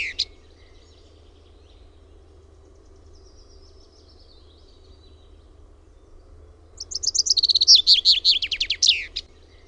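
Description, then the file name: Common chaffinch song, a rapid trill of bright notes descending toward a final flourish near the end, after a quiet stretch with faint bird notes. Recorded in Finland. "PEIPPO"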